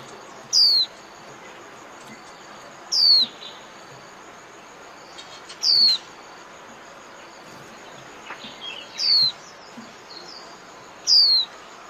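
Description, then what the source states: White-eye calls: several single thin, high downslurred notes, spaced a few seconds apart. Lure call (mồi) used for trapping.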